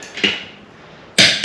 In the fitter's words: there's a click